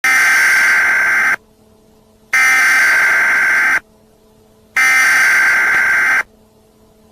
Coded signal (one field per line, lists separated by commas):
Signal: Emergency Alert System (SAME) tones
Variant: header bursts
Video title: “This is only a test” EAS Nuclear Attack (BORROWED)